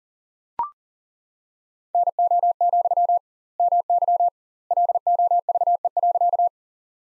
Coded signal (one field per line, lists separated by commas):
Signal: Morse code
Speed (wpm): 40 wpm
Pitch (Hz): 700 Hz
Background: none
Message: NO, MY LOVE.